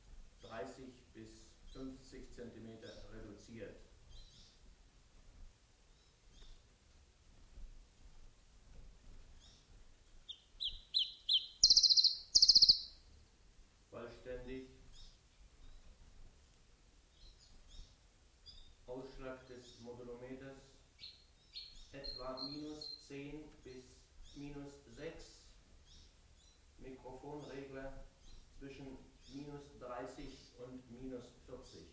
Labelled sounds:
Common Chiffchaff (Phylloscopus collybita)

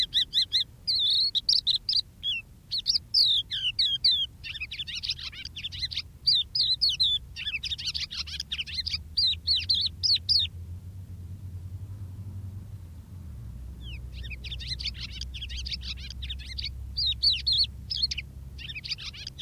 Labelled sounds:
Crested Lark (Galerida cristata) song

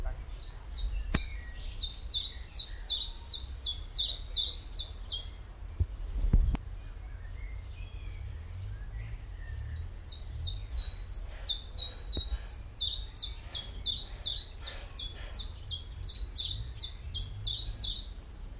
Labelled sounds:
Common Chiffchaff (Phylloscopus collybita) song

